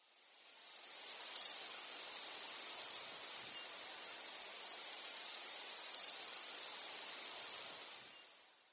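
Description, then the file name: White wagtail calls: sharp, high double notes given four times at uneven intervals of one to three seconds over a soft, steady hiss. Taiwan white wagtail subspecies (ocularis); recorded at Sakata on 26 April 2013. "taiwanhakuseki sakata yanagawa"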